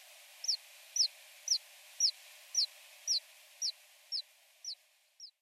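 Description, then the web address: Alpine accentor calls: short, high, downslurred notes repeated about twice per second, steady and evenly spaced, over a soft background hiss. Recorded at Norikura on 24 August 2021. "koe iwahibaric 210824 norikura kuroda"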